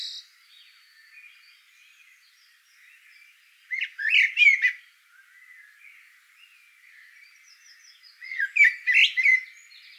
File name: solsort volker arnold